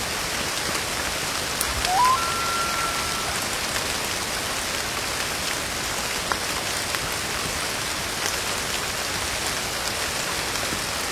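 A wilderness rainshower hisses steadily with dense, fine patter and scattered drips, while a brief rising whistle sounds near the two-second mark.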